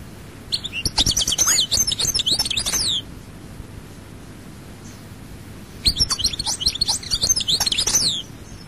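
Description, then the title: European goldfinch song: two phrases of fast, high, liquid twitters, each lasting about two to three seconds, separated by a long silent pause. "Chant Chardonneret"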